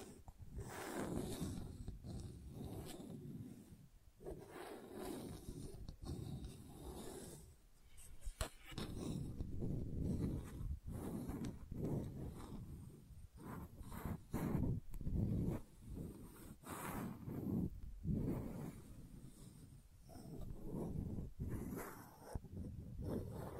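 Gentle scratching goes on almost without pause, a dense, rough texture built from many quick strokes that keep shifting in pace. Most of the sound sits low and soft, with thin bright scrapes flicking above it and brief quiet gaps near 4, 6, 8 and 18 seconds.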